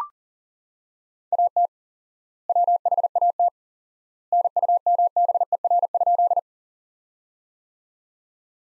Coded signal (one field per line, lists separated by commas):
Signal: Morse code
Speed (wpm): 40 wpm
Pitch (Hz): 700 Hz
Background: none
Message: AT WHAT NUMBER?